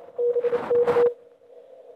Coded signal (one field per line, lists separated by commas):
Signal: Morse code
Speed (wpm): 29 wpm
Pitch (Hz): 480 Hz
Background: none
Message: BK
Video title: II1IGJ in qso with NM5M...